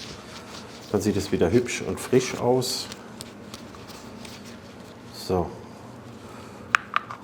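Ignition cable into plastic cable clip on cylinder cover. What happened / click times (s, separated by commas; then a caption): The cable clipped into its holder / 6.8 s. On a BMW R 1200 GS, the ignition cable is clipped back into its plastic cable clip on the cylinder cover so that it is protected. Someone talks at first, then after a quieter stretch a sharp click is heard at 6.8 s as the cable seats, followed by a couple of softer ticks.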